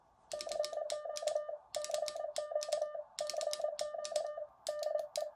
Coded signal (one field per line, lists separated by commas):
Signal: Morse code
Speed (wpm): 28 wpm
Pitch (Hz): 1200 Hz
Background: none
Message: CQ CQ CQ DE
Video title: SDR Minion by "QRPver" Review: SHODDY CW. But I found a Workaround!